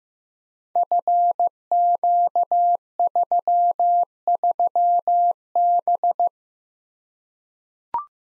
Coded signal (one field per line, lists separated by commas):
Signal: Morse code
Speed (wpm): 15 wpm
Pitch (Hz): 700 Hz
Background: none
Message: FQ33B